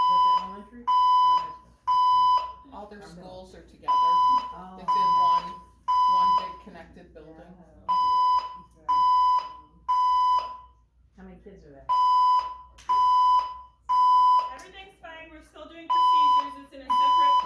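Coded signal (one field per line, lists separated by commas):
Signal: alarm pattern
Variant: 1000 Hz temporal-3 tone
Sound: loud 1 kHz beeps in groups of three half-second tones, repeated with pauses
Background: voice evacuation announcement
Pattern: temporal three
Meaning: Temporal-three pattern signals building evacuation for fire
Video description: the fire alarms in the whole building started going off with this 1000hz code 3 tone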